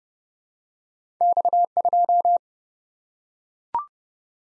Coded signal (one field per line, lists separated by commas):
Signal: Morse code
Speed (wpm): 31 wpm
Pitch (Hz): 700 Hz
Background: none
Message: X2